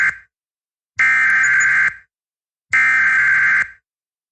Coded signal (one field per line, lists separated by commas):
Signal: Emergency Alert System (SAME) tones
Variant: header bursts